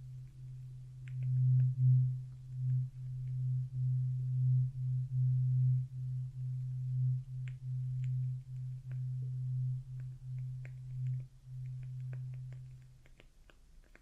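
Ear cleaning with a low, steady buzzing tone that runs from the start until about thirteen seconds, wavering and pulsing in loudness. Faint, scattered clicks and small scrapes come through over it, growing slightly more frequent toward the end before the buzz stops.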